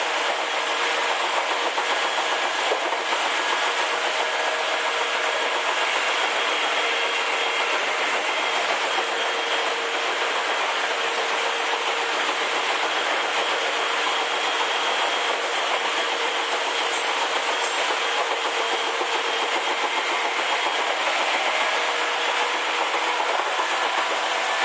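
Izukyu 8000 series train running from Izu-Kogen toward Izu-Kyu Shimoda, a steady dense roar with faint tonal whines and occasional clicks throughout.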